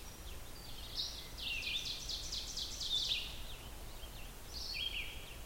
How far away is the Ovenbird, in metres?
about 80 m